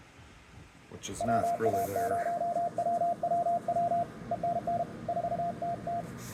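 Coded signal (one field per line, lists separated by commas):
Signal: Morse code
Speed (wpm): 32 wpm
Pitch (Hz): 690 Hz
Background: speech, radio noise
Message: WA0WWW ENN 4TT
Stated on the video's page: Sent from a Ten Tec Omni 7 during a CW contest.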